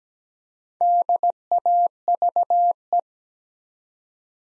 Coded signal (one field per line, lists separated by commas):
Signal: Morse code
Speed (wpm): 17 wpm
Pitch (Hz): 700 Hz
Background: none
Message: DAVE